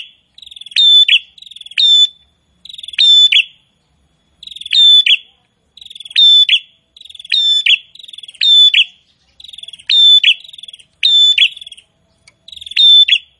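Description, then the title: Prinia song of repeated double phrases, each a whistled note followed by a harsher chirp, with short breaks between. "Prenjak gacor"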